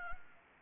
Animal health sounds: mosquito wingbeat signal from an infrared sensor; Anopheles gambiae

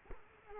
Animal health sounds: mosquito wingbeat signal from an infrared sensor; Culex quinquefasciatus

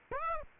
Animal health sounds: mosquito wingbeat signal from an infrared sensor; Aedes aegypti

